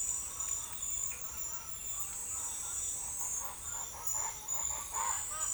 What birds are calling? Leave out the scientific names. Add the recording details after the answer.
Chestnut-winged Chachalaca. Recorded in forest near Pivijay, Magdalena, Colombia, on 4 June 2023 at 17:30. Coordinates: 10.467, -74.380. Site Z5-G034